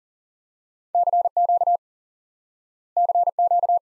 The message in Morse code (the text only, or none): CQ CQ